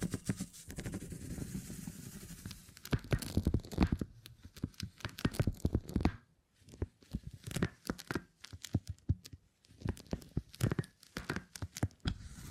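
Beeswax being handled, with sticky tearing and crackling sounds. Dense, scratchy crinkling fills the first six seconds, then a short pause, followed by quick, separate snaps and peeling bursts that come in irregular clusters until the end.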